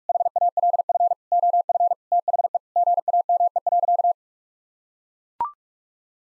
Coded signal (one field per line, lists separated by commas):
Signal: Morse code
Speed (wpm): 41 wpm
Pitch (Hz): 700 Hz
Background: none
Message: HALF OF THE GAME.